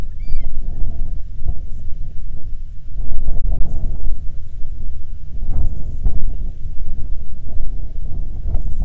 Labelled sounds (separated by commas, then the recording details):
waterfowl, wind
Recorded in the Prudhoe Bay oil fields, Alaska, on 21 June 2019 at 10:52
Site 22